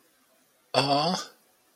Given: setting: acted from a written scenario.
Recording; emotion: vocal sound without words; adoration